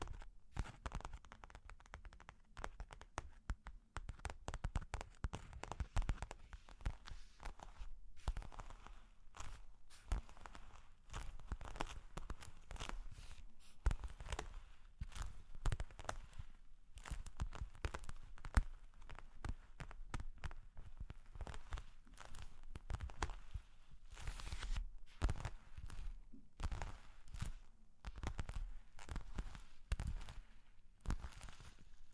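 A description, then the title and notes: Long claws tap and scratch in a dense, irregular stream of sharp clicks that runs throughout. The clicks come in quick uneven bursts with brief gaps, some louder strikes standing out, over a faint low rumble underneath. Long Claws Tapping and Scratching (No Talking).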